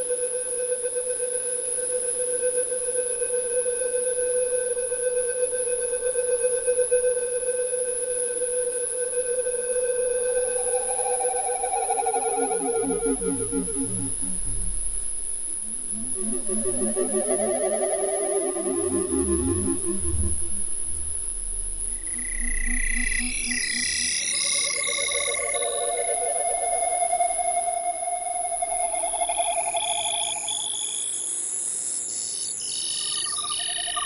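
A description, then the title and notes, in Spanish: Space-cricket atmosphere: a steady tone gives way to pulsing, warbling tones sliding down into a low throb, then climbing into bright chirps over a constant high whine. Armosfera grillos espaciales.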